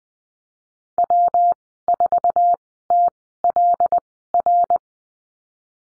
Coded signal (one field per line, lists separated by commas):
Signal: Morse code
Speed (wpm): 20 wpm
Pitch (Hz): 700 Hz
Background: none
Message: W 4 T L R